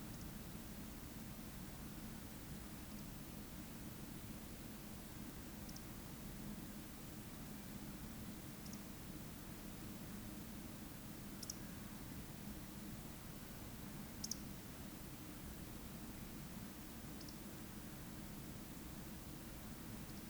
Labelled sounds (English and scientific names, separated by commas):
Eurasian Woodcock (Scolopax rusticola) whistle